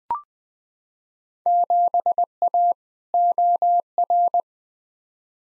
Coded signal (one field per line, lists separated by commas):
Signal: Morse code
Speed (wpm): 20 wpm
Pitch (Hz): 700 Hz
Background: none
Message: 7A OR